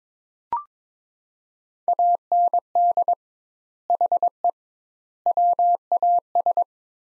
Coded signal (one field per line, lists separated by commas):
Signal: Morse code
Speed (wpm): 22 wpm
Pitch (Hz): 700 Hz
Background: none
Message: AND HE WAS